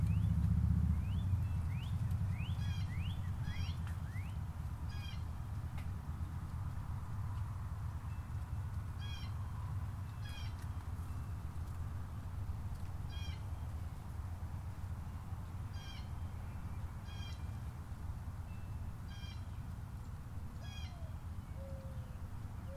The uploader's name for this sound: Golf Course, Palm Harbor FL